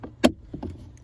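A glove box or trim panel on a 2019–2023 Chevrolet Silverado 1500 / GMC Sierra is slid back into its mounts in the dashboard after the cabin air filter is replaced. One sharp, loud hit at 0.3 s marks the panel seating, with a few quieter knocks and rustles before and after it.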